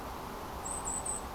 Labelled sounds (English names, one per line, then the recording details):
Goldcrest
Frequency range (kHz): Goldcrest 7.6-9.2 kHz
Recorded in France